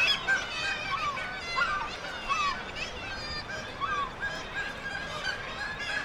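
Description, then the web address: Black-legged kittiwakes calling, several distinct nasal cries standing out over a busy chorus of calls. "sound Black-legged-kittiwake. صدای-پرنده-کاکایی-پاسیاه"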